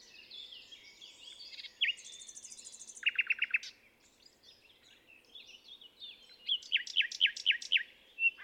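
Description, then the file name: Common nightingale song in varied phrases: a high rattling burst and runs of fast sharp repeated notes, separated by short pauses. "Luscinia megarhynchos"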